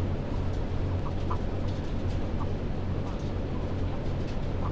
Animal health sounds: poultry house recording; healthy chickens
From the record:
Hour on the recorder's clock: 22

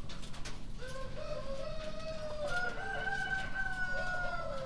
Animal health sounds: poultry house recording; healthy chickens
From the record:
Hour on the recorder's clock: 0

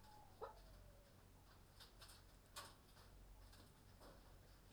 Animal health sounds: poultry house recording; healthy chickens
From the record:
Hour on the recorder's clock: 23

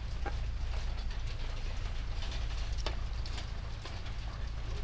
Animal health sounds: poultry house recording; sick chickens (respiratory disease)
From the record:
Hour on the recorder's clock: 23

